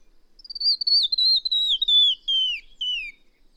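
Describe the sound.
Bird delivering one smooth phrase of quick, clear whistled notes that slide steadily downward in pitch.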